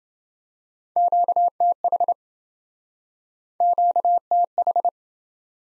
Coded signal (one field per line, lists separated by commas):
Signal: Morse code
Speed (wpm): 30 wpm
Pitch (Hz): 700 Hz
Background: none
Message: QTH QTH